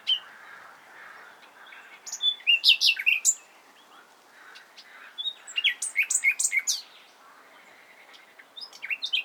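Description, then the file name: Common nightingale delivering phrases of sharp, sweeping notes and quick chattering, separated by quieter pauses. "Luscinia megarhynchos"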